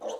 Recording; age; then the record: pig call; piglet (1 to 25 days)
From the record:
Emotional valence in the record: negative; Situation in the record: fighting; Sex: male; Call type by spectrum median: low-frequency call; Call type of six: low-frequency tonal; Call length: 0.20 s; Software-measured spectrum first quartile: 529 Hz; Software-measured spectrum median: 682 Hz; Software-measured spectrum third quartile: 1603 Hz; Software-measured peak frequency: 536 Hz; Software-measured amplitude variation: 137 dB a second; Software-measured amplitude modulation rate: 12.3 a second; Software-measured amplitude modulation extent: 11.2 dB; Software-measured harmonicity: 4.7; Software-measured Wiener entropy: -2.06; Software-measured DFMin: 2350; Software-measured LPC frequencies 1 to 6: 552, 881, 1638, 2985, 3322, 6099 Hz